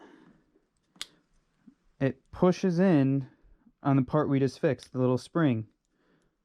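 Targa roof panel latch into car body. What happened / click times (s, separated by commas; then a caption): The latch clicked shut / 1.0 s. A removable targa roof panel on a Honda Del Sol is latched into the car body, giving a sharp latch click at 1.0 s as it seats. The latch presses on the repaired little spring for the roof-light switch. Someone then talks about it.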